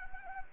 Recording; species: mosquito wingbeat signal from an infrared sensor; Anopheles arabiensis